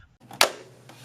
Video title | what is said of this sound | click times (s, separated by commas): Dodge Ram Signal & Running Light Switchback Tow Mirror Light - (2019+ Ram 5th Gen 1500) | and then you can snap the light in | 0.4 s